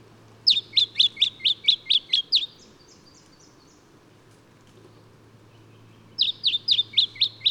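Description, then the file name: Lemon-bellied flyrobin calling: a quick run of about eight sharp, high, downslurred chips, a pause of several seconds, then another similar run, over a steady low hum. "Microeca Flavigaster"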